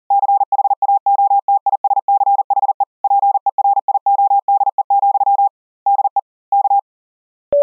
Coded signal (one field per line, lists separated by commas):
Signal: Morse code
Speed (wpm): 40 wpm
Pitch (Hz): 800 Hz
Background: none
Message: CHAOTISCHE PERIODE, DE K